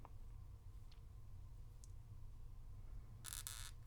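A pin is pressed into a resin-printed replica pistol part until it sits flush. Against a low background hum, a few faint ticks come first, then a cluster of small, sharp clicks from about 3.3 s, the strongest at 3.5 s. The pin is seated flush.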